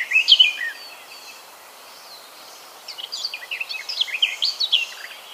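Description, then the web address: Garden warbler song: a brief note at the start, a short pause, then a sustained bubbling warble of rapid varied notes. "ljud Sylvia borin"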